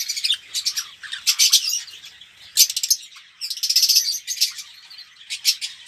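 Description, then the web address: Red-rumped parrot song in separate bursts of fast, high, buzzy twittering, broken by short quieter gaps. "pevcii popugai. parrots psephotus-haematonotus"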